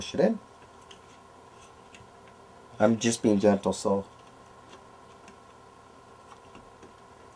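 A second SO-DIMM memory module is pushed gently down toward the laptop-style memory slot on the motherboard of a Mac Mini, while someone talks briefly at the start and again around 2.8–4.0 s. Only faint small ticks are heard between, near 0.9 s and 2.0 s, over a quiet background. The module is still being handled and has not seated or clicked into the slot yet.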